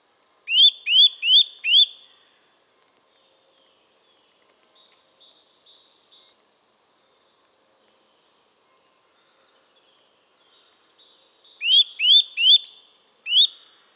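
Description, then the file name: Eurasian nuthatch: a series of four loud rising whistled calls, a long pause with faint notes, then another quick series and a final call. "Sitta europaea"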